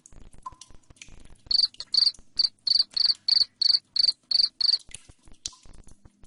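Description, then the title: Cricket chirps start after faint clicking, then a steady series of shrill trilled pulses about three per second. Loud cricket chirping played to make lovebirds sing continuously. "Suara JANGKRIK NGERIK Keras Bikin LOVEBIRD Jadi NGEKEK Terus Vubey"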